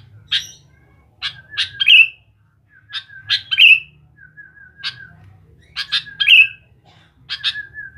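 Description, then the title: Sooty-headed bulbul singing short bubbly phrases of quick notes with a down-slurred ending, separated by pauses, while a thin whistle-like tone recurs between them. "Kutilang"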